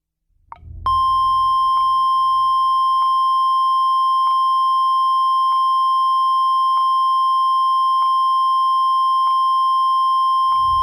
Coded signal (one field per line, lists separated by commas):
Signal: Emergency Alert System (SAME) tones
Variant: 1050 Hz attention tone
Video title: Pitch Black: A Tornado EAS Scenario